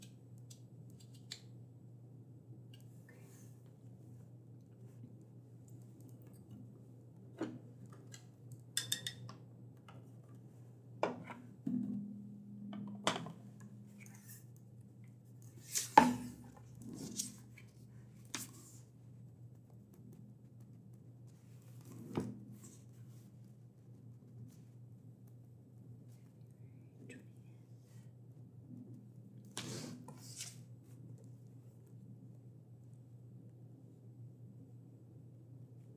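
A librarian checks books, with scattered sharp clacks, thumps and brief scrapes over a steady low hum, busiest in the middle stretch.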